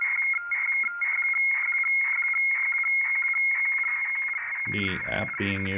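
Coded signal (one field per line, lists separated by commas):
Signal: weather fax (radiofax)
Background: speech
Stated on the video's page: Boston weather fax received on an XHDATA D808 with 3 kHz bandwidth, picked up acoustically without a cable by an Android tablet app.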